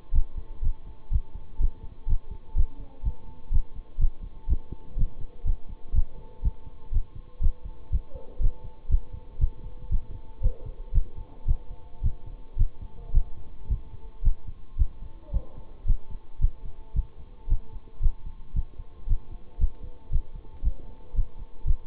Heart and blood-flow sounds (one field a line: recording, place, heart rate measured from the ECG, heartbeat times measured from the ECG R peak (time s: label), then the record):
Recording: heart sounds by stethoscope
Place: between the tricuspid and mitral areas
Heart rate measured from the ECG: 117 bpm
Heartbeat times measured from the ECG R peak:
0.13 s: heartbeat
0.62 s: heartbeat
1.11 s: heartbeat
1.59 s: heartbeat
2.07 s: heartbeat
2.55 s: heartbeat
3.03 s: heartbeat
3.51 s: heartbeat
3.99 s: heartbeat
4.48 s: heartbeat
4.97 s: heartbeat
5.45 s: heartbeat
5.94 s: heartbeat
6.43 s: heartbeat
6.92 s: heartbeat
7.41 s: heartbeat
7.91 s: heartbeat
8.40 s: heartbeat
8.89 s: heartbeat
9.39 s: heartbeat
9.90 s: heartbeat
10.41 s: heartbeat
10.93 s: heartbeat
11.46 s: heartbeat
12.02 s: heartbeat
12.57 s: heartbeat
13.13 s: heartbeat
13.68 s: heartbeat
14.23 s: heartbeat
14.77 s: heartbeat
15.32 s: heartbeat
15.86 s: heartbeat
16.40 s: heartbeat
16.94 s: heartbeat
17.48 s: heartbeat
18.01 s: heartbeat
18.54 s: heartbeat
19.07 s: heartbeat
19.59 s: heartbeat
20.11 s: heartbeat
20.63 s: heartbeat
21.14 s: heartbeat
21.65 s: heartbeat
From the record:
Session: bicycle stress test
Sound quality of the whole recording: good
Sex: male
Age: 26 years